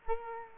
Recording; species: mosquito wingbeat signal from an infrared sensor; Culex quinquefasciatus